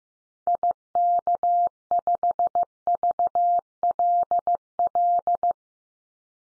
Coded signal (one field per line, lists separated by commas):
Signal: Morse code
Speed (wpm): 15 wpm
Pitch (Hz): 700 Hz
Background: none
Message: IK5VLL